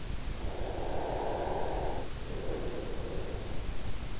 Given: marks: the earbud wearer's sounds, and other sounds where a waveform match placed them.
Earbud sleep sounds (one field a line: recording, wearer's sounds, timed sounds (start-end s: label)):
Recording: sounds in sleep by an in-ear microphone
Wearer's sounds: breath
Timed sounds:
0.51-3.51 s: breath